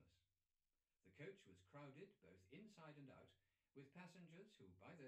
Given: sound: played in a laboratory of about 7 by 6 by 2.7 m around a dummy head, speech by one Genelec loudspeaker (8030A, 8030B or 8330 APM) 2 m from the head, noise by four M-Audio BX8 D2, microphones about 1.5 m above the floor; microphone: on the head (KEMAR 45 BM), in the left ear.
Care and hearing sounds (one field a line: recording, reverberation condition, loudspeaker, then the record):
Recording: male speech in English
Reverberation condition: low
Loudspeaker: 120 degrees to the right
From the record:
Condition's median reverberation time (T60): about 310 ms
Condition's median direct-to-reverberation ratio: about 3.5 dB